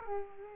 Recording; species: mosquito wingbeat signal from an infrared sensor; Culex quinquefasciatus